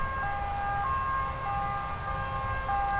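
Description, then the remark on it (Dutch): An emergency services siren sounds in a steady two-tone pattern, alternating high and low notes about every half second, loud over a low rumble of traffic, in Duivendrecht by Amsterdam's AMC hospital and one of the city's biggest traffic arteries. “Dit hoor je hier wel dag en nacht natuurlijk. Ja, ze zijn veel hulpdiensten.”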